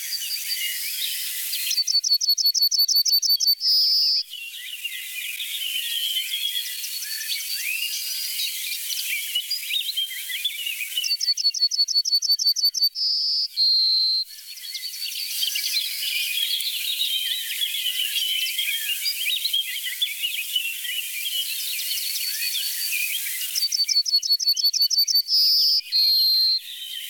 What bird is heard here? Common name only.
Yellowhammer